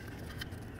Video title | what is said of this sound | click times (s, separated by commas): How to Replace Tow Mirrors 2010-18 RAM 1500 | Press this in, listen for the click, give it a tug. | 0.4 s